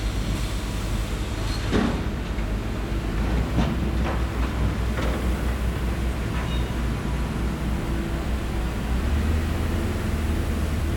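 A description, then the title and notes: Distant construction noise forms a steady, dense rumble that stays at an even level throughout, heavy in the low end with a mechanical drone. Faint knocks and clanks surface occasionally, clustered in the first half, around two to seven seconds. Distant Construction Ambience.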